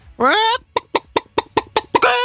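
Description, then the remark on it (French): A person imitates a hen: a rising, nasal squawk opens, followed by six quick, evenly spaced clucks, then another loud squawk to finish. “Sinon, je sais très bien faire des animaux, sinon. Ah, vas-y alors. La poule, ok.”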